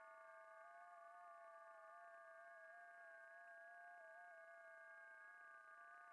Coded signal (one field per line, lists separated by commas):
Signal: FT8